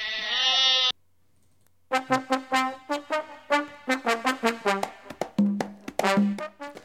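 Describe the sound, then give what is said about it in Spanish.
Zaraibi goats, a goat breed from Tajikistan, being watched over for birthing and pregnancy, bleat: a short wavering cry, a brief pause, then a long run of rapid, stuttering, mid-pitched bleats pulsing one after another. No one speaks. “Bueno, no está pobrecillo, mal las cabras Zaraibi ahí controlándoles el parto y la preñez.”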